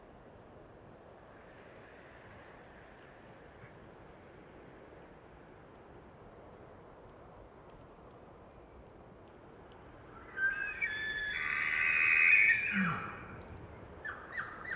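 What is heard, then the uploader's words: A bull elk bugles after about ten seconds of quiet, low outdoor rumble. The call is a loud, high, shrill whistle that holds and builds to around twelve seconds, then drops into a deep grunt, followed by a few short chirps near the end. Elk Bull Roars And Screams. It was rutting season in the Colockum Wildlife area, and just before the start of open hunting season, so the males were out, about, and vocal. These are raw tracks, down-mixed to stereo (from double-m/s). Elk, mostly bulls bugling, screaming, roaring, whistling, and chirping.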